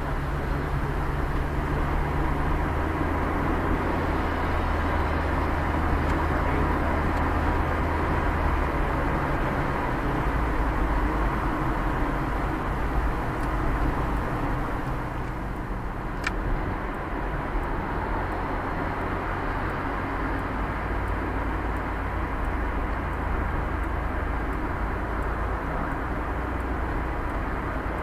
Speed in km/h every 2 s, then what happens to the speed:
38, 39, 39, 38, 36, 35, 35, 36, 37, 36, 34, 29, 27, 26.
0-17 steady at about 37. 17-28 slows to 26.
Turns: none.